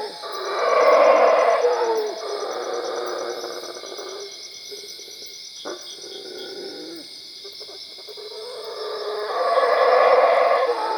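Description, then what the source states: Howler monkey roaring, loud rasping bursts at start and end with a quieter stretch of lower moaning between, steady high buzz throughout. Recorded at Cuevas.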